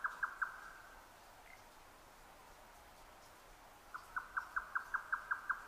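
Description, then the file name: Grey nightjar song: three quick notes, a long silence of about three seconds, then a new run of evenly repeated, level knocks. 12 June 2009 at 22:41. "yotaka-20090612-2241"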